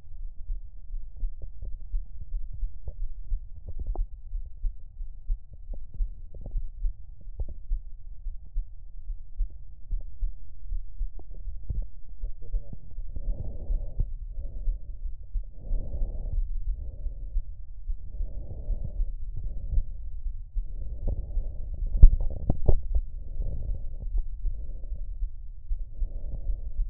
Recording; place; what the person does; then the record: lung sounds by stethoscope; right anterior apical chest; quiet breathing, then deep breathing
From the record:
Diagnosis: none (healthy); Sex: male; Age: 29 years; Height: 180 cm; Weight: 100 kg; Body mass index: 30.9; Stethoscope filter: extended mode